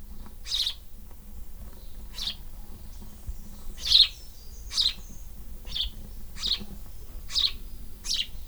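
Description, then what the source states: Swallow calls: harsh high chirps repeated at uneven gaps, a constant low drone underneath. Nest in an air vent.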